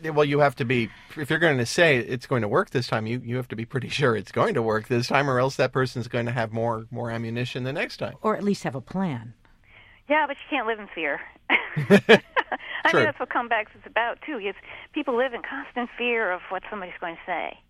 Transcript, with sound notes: "Well, you have to be -- if you're going to say 'It's going to work this time,' you have to be pretty sure it's going to work this time or else that person is going to have more ammunition the next time."
"Or at least have a plan."
"Yeah, but you can't live in fear. [Laughter]
"True."
"I mean, that's what 'Comebacks' is about, too. People live in constant fear of what somebody's going to say.